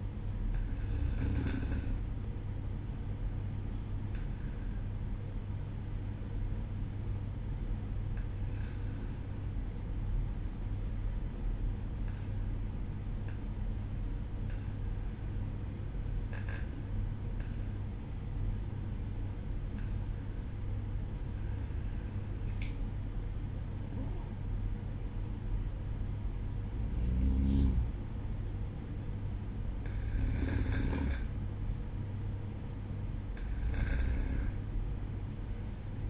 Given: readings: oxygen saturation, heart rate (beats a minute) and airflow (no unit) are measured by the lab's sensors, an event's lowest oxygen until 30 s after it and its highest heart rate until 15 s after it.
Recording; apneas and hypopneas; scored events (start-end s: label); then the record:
breathing in sleep by a smartphone at the bedside; none
none scored
From the record:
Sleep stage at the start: N1 (lightest sleep); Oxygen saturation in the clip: 93 to 94%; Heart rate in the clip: 60 to 64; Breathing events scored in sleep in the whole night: 305 in 9.6 hours asleep